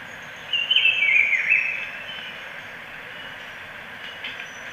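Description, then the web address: Black-billed peppershrike singing one short, rich, warbling phrase early on, followed by continuous hissing background noise. Recorded in Ecuador. "Natures Songs S America Birds of Ecuador. Black-billed Peppershrike"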